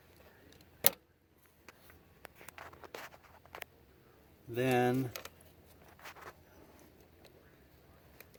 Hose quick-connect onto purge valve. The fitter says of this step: till she clicks